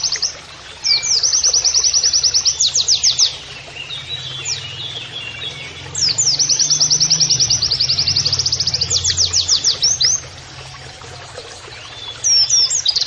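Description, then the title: White-eye singing long, rapid high trills ending in steep downslurred notes, two main phrases with a pause and the start of a third, low hum beneath. Masteran (training) recording of a gacor (persistently singing) white-eye (pleci) delivering canary-like phrases (nembak kenarian). "Pleci Gacor. MASTERAN PLECI NEMBAK KENARIAN"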